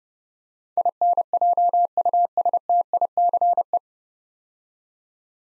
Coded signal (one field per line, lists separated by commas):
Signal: Morse code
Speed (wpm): 30 wpm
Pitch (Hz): 700 Hz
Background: none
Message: INJUSTICE